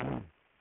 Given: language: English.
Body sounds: throat vibration sensor signal played as sound; throat clearing

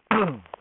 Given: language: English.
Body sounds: throat vibration sensor signal played as sound; throat clearing

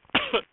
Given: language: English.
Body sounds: throat vibration sensor signal played as sound; cough

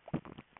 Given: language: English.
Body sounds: throat vibration sensor signal played as sound; swallow

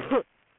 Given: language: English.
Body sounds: throat vibration sensor signal played as sound; cough

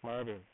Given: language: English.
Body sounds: throat vibration sensor signal played as sound; speech

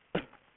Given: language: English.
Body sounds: throat vibration sensor signal played as sound; cough

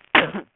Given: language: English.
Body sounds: throat vibration sensor signal played as sound; cough

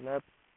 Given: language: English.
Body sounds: throat vibration sensor signal played as sound; speech

